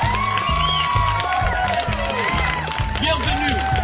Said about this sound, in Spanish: Un gran aplaudissement à tous.